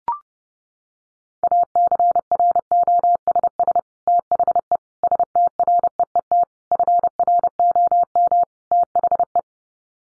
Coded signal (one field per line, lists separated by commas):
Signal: Morse code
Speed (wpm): 30 wpm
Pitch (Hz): 700 Hz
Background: none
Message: ACROSS THE STREET FROM THE